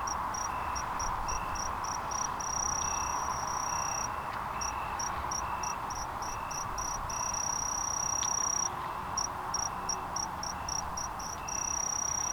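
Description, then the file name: Kinhibari cricket singing high, clear tinkling trills, alternating long sustained stretches with runs of brief evenly spaced bursts; a softer, lower insect chirps repeatedly in the background. Recorded on 21 June 2015. "20150621 A-kinhibari"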